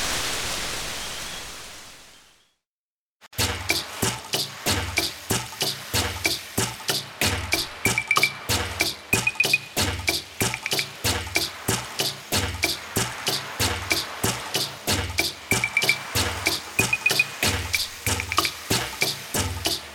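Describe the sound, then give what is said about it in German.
Heavy rain of the rainy season pours as a dense, steady hiss that fades out within a few seconds, then after a brief silence a rhythmic, pulsing musical beat starts and continues. “Boah, ist das aber viel Regen.”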